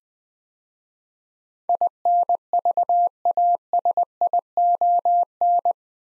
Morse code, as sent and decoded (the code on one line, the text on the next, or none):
.. -. ...- .- ... .. --- -.
INVASION